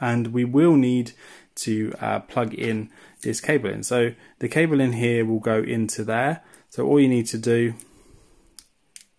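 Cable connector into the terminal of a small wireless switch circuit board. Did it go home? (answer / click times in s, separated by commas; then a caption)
yes / 9.0 s. A small cable plug is pushed into the terminal on a tiny plastic circuit board for a Back to the Future DeLorean model's wireless 1 to 6 switch while someone talks. After the speech ends, faint clicks are heard, and the connector clicks into the board terminal at 9.0 s, seating securely.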